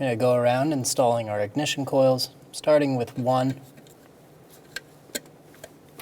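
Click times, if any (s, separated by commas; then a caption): 4.8 s, 5.2 s. Someone talks while an ignition coil, starting with coil one, is installed into its mounting or boot on the engine of a 1988-1999 GMC K1500 5.7L V8. After the talking stops, sharp clicks sound at 4.8 s and 5.2 s, with a few fainter ticks around them, as the coil clicks into place and seats.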